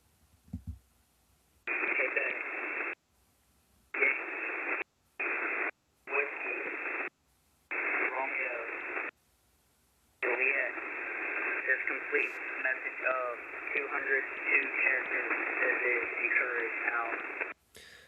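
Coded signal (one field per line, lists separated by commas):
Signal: coded military voice message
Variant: Emergency Action Message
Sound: noisy shortwave voice reading phonetic characters in bursts, then a long continuous passage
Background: radio static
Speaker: And I actually have some clips of these 200 character nuclear codes, emergency action messages. These are targeting codes to our nuclear forces.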